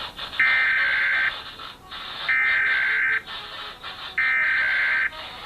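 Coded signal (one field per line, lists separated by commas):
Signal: Emergency Alert System (SAME) tones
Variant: header bursts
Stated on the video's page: National EAS test recorded in Pennsylvania from TV, radio and internet stream; the radio copy had garbled audio during the test.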